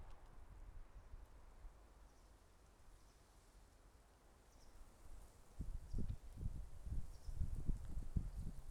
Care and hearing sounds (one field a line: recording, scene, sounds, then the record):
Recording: everyday scene through a hearing-aid microphone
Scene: wind on the microphone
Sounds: wind, traffic, birds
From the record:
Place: suburban garden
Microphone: behind the ear, left, rear